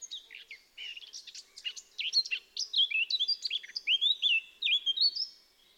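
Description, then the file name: Eurasian blackcap song, a dense, busy warble of chattering notes growing into loud, ringing fluted phrases that slide up and down, a faint low hum beneath. "Sylvia atricapilla"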